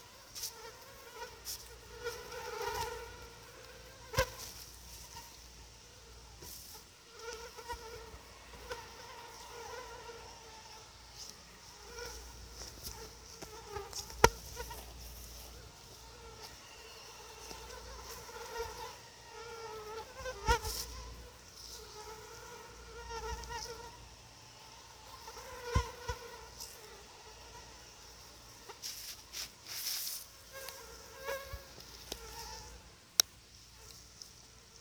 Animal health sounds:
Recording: mosquito flight sound by mobile phone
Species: Anopheles quadriannulatus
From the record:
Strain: SANQUA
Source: CDC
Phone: Sony Xperia

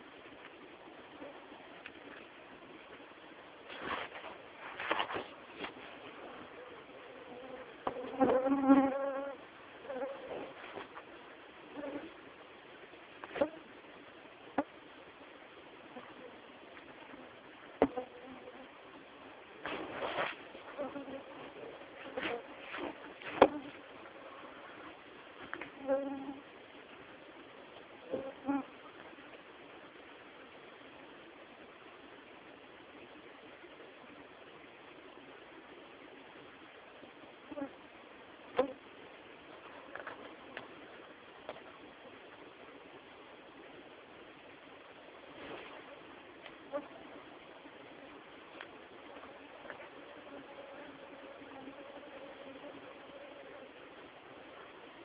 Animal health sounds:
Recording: mosquito flight sound by mobile phone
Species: Culex tarsalis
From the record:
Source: PrakashLab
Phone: Samsung T209

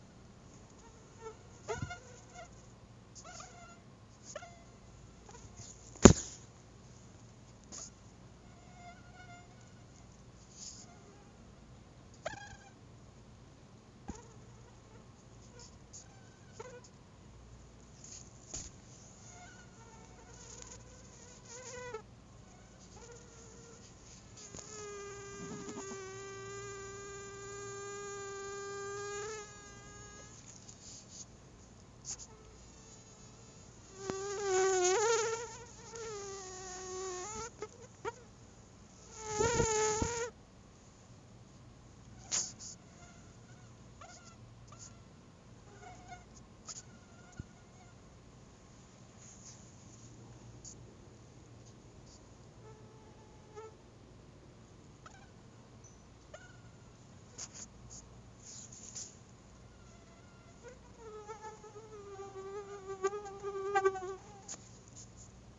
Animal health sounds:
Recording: mosquito flight sound by mobile phone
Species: Anopheles albimanus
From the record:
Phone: Google Nexus

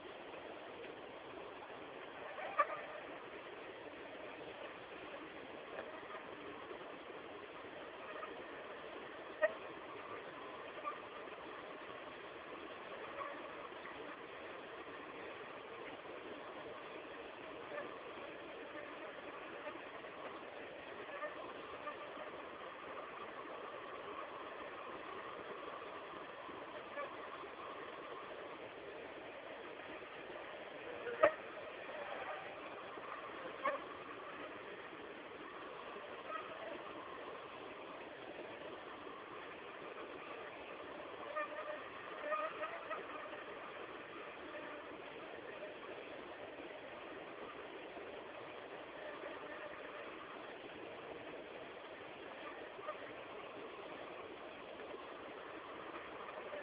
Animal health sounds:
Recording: mosquito flight sound by mobile phone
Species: Anopheles dirus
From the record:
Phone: Samsung T209

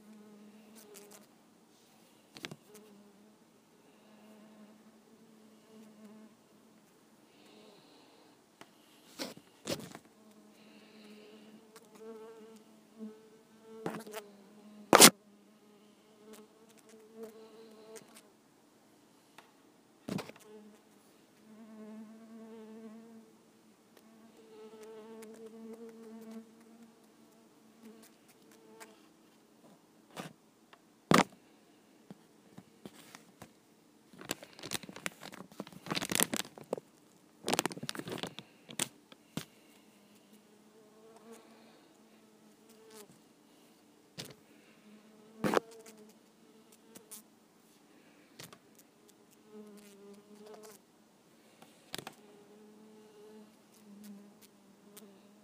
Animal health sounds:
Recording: mosquito flight sound by mobile phone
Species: Culiseta incidens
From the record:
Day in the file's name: 1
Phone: iPhone 5

